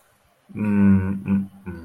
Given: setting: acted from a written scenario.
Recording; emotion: vocal sound without words; neutral